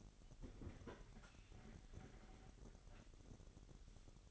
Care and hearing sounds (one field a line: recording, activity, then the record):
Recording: daily activity, microphone in the room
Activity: open fridge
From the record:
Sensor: 4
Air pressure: 989.2 hPa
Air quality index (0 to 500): 225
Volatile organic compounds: 84 ppm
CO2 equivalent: 3640 ppm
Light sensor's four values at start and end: 27/93/34/36 and 26/92/34/36